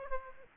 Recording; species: mosquito wingbeat signal from an infrared sensor; Aedes aegypti